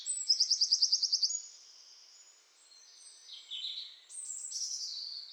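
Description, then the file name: Eurasian wren song phrase: a quick, bright, high trill of evenly repeated notes lasting about a second, then softer, varied high warbling notes continuing to the end. "Troglodytes troglodytes"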